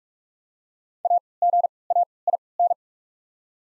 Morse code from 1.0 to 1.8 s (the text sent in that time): A G